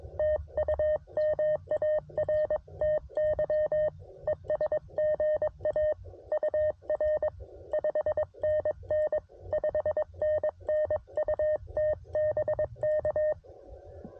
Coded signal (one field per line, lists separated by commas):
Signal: Morse code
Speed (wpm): 22 wpm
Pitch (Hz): 610 Hz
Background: none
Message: TU MARTY ES GA UR 5NN 5NN UT BK